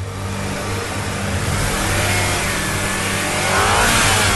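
A car engine is started and runs with a steady low rumble, then revs higher as the driver presses the accelerator, its pitch climbing toward the end as the throttle opens. No voices.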